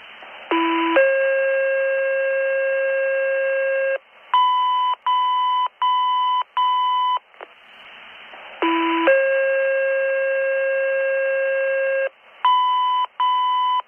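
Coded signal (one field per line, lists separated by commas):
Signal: two-tone page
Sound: short low tone then a three-second steady tone, four short beeps, repeated twice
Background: radio static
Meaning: The tone pair alerts the fire station to turn out for a call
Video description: Guthrie Fire was toned out for a structure fire in a hotel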